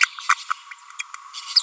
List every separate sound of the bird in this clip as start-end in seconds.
0.50-0.53, 0.99-1.02, 1.56-1.62